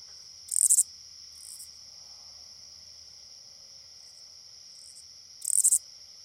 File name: Oblong-winged Katydid